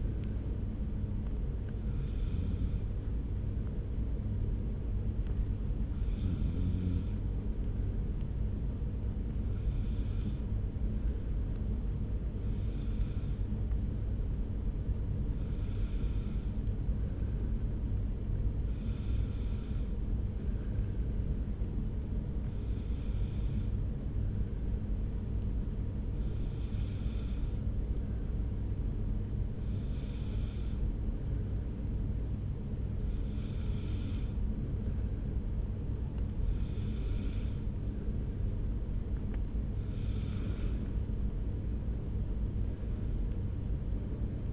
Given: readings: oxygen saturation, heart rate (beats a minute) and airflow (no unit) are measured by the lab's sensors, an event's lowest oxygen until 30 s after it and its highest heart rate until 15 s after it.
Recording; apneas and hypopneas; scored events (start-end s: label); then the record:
breathing in sleep by a smartphone at the bedside; 1
20.00-39.90 s: hypopnea (N1, oxygen 94% highest, then 93% lowest)
From the record:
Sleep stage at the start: N1 (lightest sleep); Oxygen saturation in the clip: 93 to 95%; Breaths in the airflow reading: 13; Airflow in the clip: -1.8 to 3.3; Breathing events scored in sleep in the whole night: 335 in 6.7 hours asleep